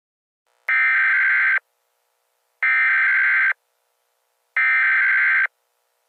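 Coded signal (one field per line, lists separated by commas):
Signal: Emergency Alert System (SAME) tones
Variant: header bursts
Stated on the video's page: Fictional Emergency Alert System scenario featuring legendary and unique attacks.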